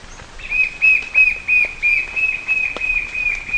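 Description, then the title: White-shouldered fire-eye song: a rapid, even series of level whistled notes, about three per second, continuing throughout, with quiet background forest sounds. "LuckyPassaro Completos2Sama. White-shouldered Fire-eye (Pyriglena leucoptera)"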